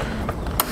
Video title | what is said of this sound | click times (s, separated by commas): etrailer - SMI Stay-IN-Play DUO Braking System Installation - 2016 Ford Taurus | and clip it into the top until it snaps in | 0.6 s